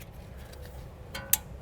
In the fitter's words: Hearing a nice click engage and then that final red uh tab finalizing that harness.